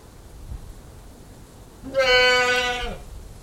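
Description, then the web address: Goat bleating: one sustained, harmonically rich bleat lasting about a second, steady then falling slightly at the end, preceded by a quiet stretch of low rumbling background noise. Old English goat breed, recorded indoors, bleating, with occasional wind noise. "old english goat interior bleating occasional wind noise"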